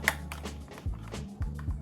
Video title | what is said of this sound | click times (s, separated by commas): Como adaptar 💡dimmer no ventilador | Então, ó, não está encaixando. | none